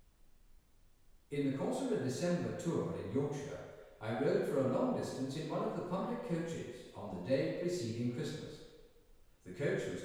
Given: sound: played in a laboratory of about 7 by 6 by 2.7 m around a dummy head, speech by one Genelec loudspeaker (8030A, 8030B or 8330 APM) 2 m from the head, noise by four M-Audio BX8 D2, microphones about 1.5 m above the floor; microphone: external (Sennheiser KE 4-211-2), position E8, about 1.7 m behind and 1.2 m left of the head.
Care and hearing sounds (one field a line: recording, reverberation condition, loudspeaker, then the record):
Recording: male speech in English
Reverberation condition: high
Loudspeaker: 30 degrees to the right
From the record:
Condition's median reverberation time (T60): about 1300 ms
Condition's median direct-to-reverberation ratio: about -4.0 dB